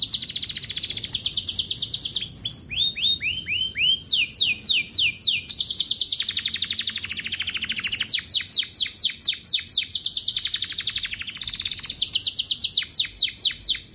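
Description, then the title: Atlantic canary singing continuously, rapid rolling trills of high repeated notes changing from one fast phrase to the next without pause throughout. Canary described as gacor, singing actively, with its best cengkok melodic song turns and the most lavish isian song fill. "Kenari Gacor Cengkok Terbaik Isian Paling Mewah"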